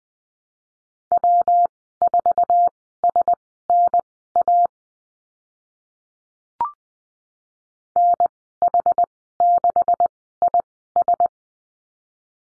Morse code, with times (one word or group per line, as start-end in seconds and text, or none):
1.1-4.7 W4SNA
8.0-11.3 NH6IS